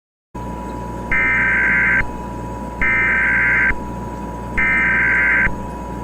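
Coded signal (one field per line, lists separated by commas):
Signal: Emergency Alert System (SAME) tones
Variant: header bursts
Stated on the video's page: Fictional EAS scenario, not a real alert.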